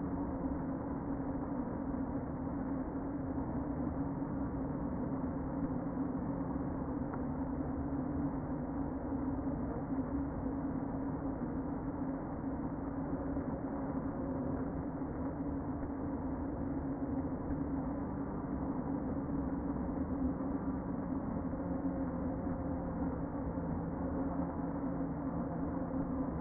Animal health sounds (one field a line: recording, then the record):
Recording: honeybee colony, microphone inside the hive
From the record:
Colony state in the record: queen present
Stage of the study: before two queens were removed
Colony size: about 60,000 bees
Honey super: yes